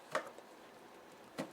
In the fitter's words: good bring them back it kind of has like this thing like it clicks into place like